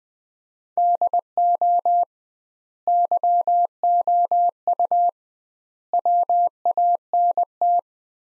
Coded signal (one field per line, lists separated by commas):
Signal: Morse code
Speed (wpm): 20 wpm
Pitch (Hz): 700 Hz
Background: none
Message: DO YOU WANT